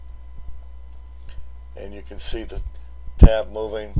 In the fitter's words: an orange tab there pull the tab down the socket pops off and